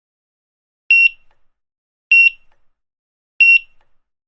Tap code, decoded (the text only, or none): none